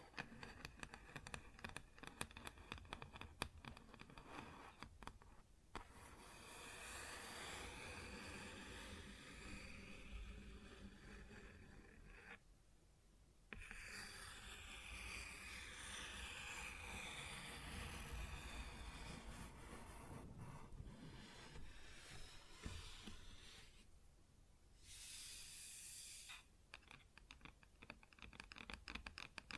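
Scratching and rubbing on a wooden surface, with a dense rasping texture and some quick tapping in the first few seconds and near the end. Long scraping passages are interrupted by brief pauses around 6, 13 and 24 seconds, with a low rumble underneath.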